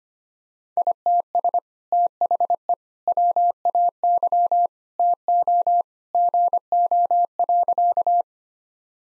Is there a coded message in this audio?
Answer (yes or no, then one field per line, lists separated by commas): yes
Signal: Morse code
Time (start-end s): 0.8-8.2 s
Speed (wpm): 25 wpm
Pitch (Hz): 700 Hz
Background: none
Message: ITS THE WAY TO GO.